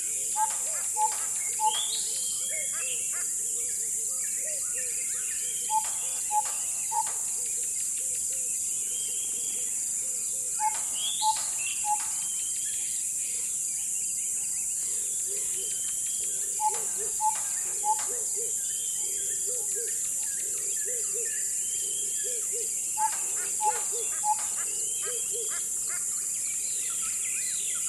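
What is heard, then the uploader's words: A Southern Boubou repeats a clear, mellow three-note call about every six seconds over a loud, unbroken high hiss of cicadas. Fainter chirps from other birds scatter through the background of a still dawn. A small collection of dawn recordings made in South Africa during Sonic Mmabolela, November 2016. Savannah environment of Mmabolela Reserve, Limpopo, South Africa. Recorded with 2x Sennheiser MKH8020 in a custom SASS enclosure onto a Zoom F8 recorder.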